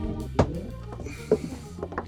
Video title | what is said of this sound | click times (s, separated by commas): Finishing Touches - DIY camper | Okay, it just snapped into place. | 0.4 s